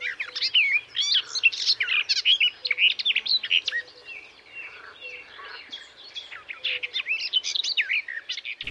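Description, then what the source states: Garden Warbler singing a long, hurried, babbling warble of varied chattering and fluty notes, with a faint low note repeated in the background. Bird of the week; its song described as chattering.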